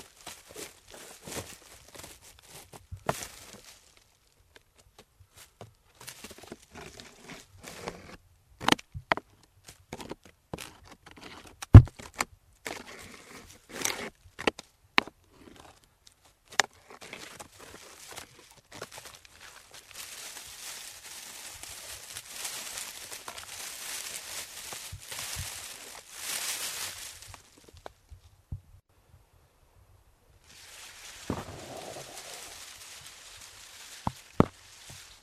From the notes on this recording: Hike in Tambopata Reserve rainforest, Peru